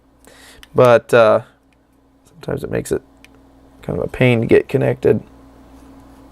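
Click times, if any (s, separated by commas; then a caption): none. A small compute module is handled over the mating board-to-board connector of a breakout board, but nothing has seated or clicked yet. Someone talks throughout, with only faint ticks in the background.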